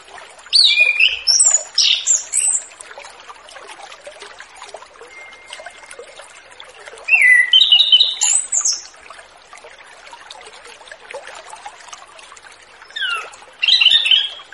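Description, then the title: Orange-headed thrush song in three bursts, each a cluster of high, bright whistled and chattering notes, separated by hissy pauses of several seconds. Relaxed, clear-toned song used as a lure for spotted juvenile free-flying birds. "Anis Kembang Ngeplong Santai , Untuk Pancingan Anis Kembang Lepas Trotol"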